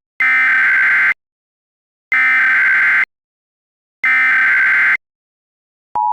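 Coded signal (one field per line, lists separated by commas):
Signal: Emergency Alert System (SAME) tones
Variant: header bursts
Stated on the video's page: Mock EAS alert about a shootout in Cuyahoga.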